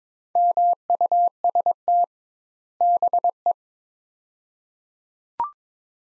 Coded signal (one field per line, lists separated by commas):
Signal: Morse code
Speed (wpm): 22 wpm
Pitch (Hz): 700 Hz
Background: none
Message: MUST BE